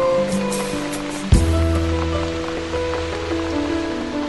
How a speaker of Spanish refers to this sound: ¡Qué tranquila se está en casa! ¿Verdad que sí, Dina? Y sobre todo ahora, que está lloviendo.